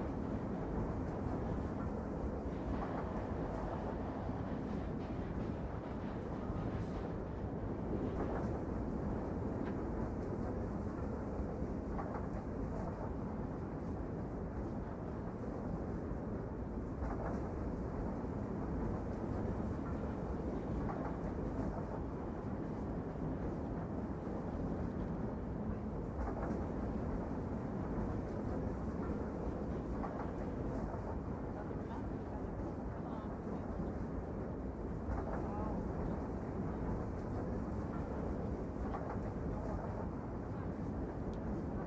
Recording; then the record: background sound without coughing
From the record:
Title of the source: Train Ride Ambience ambient white noise for sleeping, focus, studying, reading